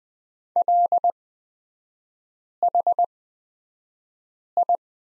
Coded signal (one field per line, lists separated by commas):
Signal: Morse code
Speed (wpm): 20 wpm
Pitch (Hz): 700 Hz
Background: none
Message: LHI